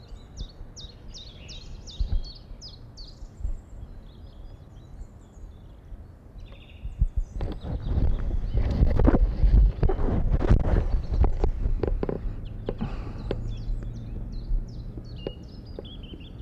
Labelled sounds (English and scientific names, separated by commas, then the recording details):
Song Thrush (Turdus philomelos) song
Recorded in the wild
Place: Hafling, Bozen, IT
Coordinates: 46.5306, 10.9525
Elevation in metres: 1302
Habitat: mountains
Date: 1981-03-26
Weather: bedeckt
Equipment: Uher 4000 Report, Sennheiser MKH 815 T
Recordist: Tretzel, Erwin